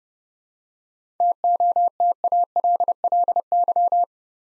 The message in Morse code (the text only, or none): TOTALLY